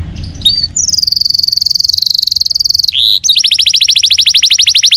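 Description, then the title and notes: Canary song with a long, steady run of rapid notes on one pitch, a brief harsh break, then a rapid trill of repeated sweeping notes. Young canary; long-duration lure or training song, used as tutor song for teaching other canaries. "Pancingan Kenari Muda Durasi Panjang. masteran kenari"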